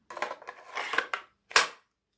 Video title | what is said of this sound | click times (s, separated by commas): TOPS T3 Trackers disassembled + handle scales differences and swap + some upgrade | the hear the click that's secure knife that's secure | 1.6 s